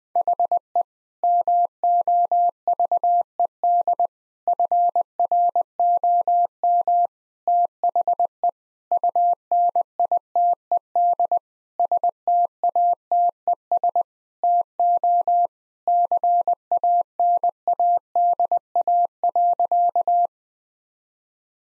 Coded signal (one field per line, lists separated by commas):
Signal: Morse code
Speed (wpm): 20 wpm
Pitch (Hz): 700 Hz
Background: none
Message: HE MOVED FROM THE UNITED STATES TO CANADA.